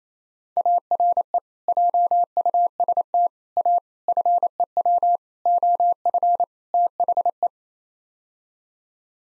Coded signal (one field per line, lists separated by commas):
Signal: Morse code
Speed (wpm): 27 wpm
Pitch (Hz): 700 Hz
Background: none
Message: ARE JUST A FEW OF THE